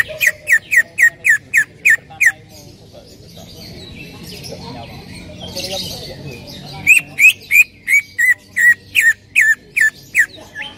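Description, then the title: Greater green leafbird calling: a fast series of loud, sharp, downslurred notes about four per second, a quieter pause with soft chatter, then another long series. Female calling a male; highly vocal. "CUCAK IJO BETINA GACOR HIPER MEMANGGIL JANTAN"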